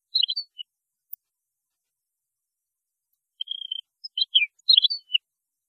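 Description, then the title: European goldfinch song: brief bursts of high twittering notes and a short trill, separated by a long silent gap, with a final tinkling phrase. "Chant Chardonneret"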